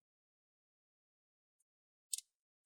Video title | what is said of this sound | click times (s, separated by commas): How to replace ASUS E404sa Wx001t Keyboard | and then squeeze down make sure you hear those clicks you want to hear those clicks | 2.1 s, 2.2 s